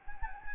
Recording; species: mosquito wingbeat signal from an infrared sensor; Anopheles gambiae